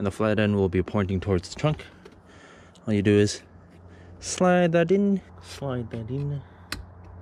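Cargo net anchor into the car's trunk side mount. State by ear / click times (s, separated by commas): seated / 6.7 s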